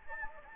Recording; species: mosquito wingbeat signal from an infrared sensor; Anopheles gambiae